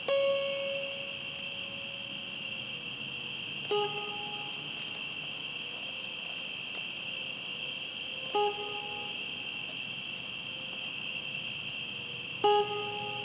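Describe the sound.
Continuous cricket trilling at two high pitches, accompanied by a tonal harmonic call repeated roughly every four seconds and a lower note at the start.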